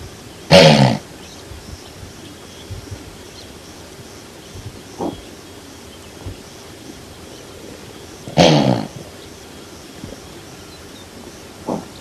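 Blue wildebeest producing two loud, rasping pulsed grunts about eight seconds apart, with a brief fainter call in between and another near the end, over low background hiss.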